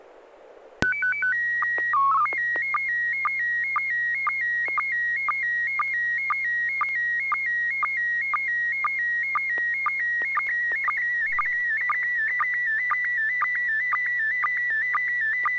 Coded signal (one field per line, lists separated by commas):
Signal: SSTV (slow-scan television)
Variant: PD 120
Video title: N6NA SSTV Net - 08/31/2022